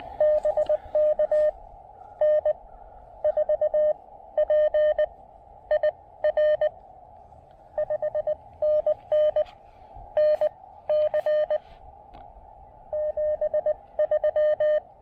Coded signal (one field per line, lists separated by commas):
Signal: Morse code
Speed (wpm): 20 wpm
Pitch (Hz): 600 Hz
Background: radio noise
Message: BK N4PIR 5NN NC 73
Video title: A speedy QRP park activation with the Elecraft KX2 and AX1 at the BRP Folk Art Center!